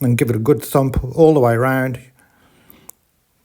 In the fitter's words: You'll hear it popping.